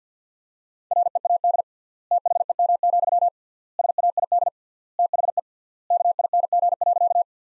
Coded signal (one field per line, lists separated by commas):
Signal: Morse code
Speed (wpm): 50 wpm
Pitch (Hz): 700 Hz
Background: none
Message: READ THEM, SAID THE KING.